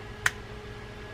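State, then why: Seated. While reassembling an Okuma Magna Pro saltwater line-counter fishing reel, the internal pieces are lined up and pressed together so an internal spring-loaded part goes into the reel body. A single sharp, brief snap sounds at 0.3 s against a quiet background. The part snaps into place and is seated.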